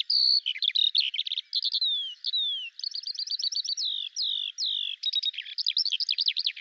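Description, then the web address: Bird song, a fast mix of high whistled slurs, descending sweeps and rapid chirping trills, continuous and varied throughout. "Deverinetal 2025 File cleaned normalized Bird Al Ar"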